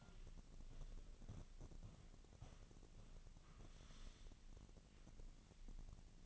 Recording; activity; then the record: daily activity, microphone in the room; walk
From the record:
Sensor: 4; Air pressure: 1013.0 hPa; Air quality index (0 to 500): 172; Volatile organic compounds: 2 ppm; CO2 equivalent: 1092 ppm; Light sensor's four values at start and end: 66/163/70/74 and 66/163/69/73